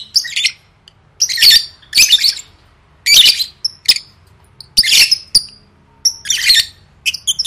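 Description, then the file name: Lovebird calls: harsh squawks roughly every second or two, mixed with brief high whistled notes and short chirps. "tieng vet mau don"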